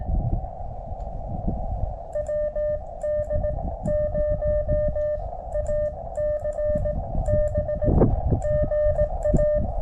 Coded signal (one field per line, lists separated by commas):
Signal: Morse code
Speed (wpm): 17 wpm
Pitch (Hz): 590 Hz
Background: none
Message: WD0ACB GA